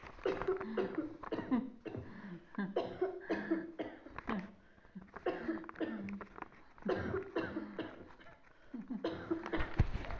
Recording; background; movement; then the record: laughter; a bystander coughing; sitting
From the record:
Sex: female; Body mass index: 25.5 kg/m2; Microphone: on the chest, facing outward